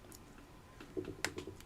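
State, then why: Seated. A small metal rivet cap is pressed by hand onto a rivet post through a hole in leather, ahead of hammering it to set. Faint soft handling noises give way to one sharp, bright snap at 1.2 s as the cap seats on the post, followed by a few quieter ticks.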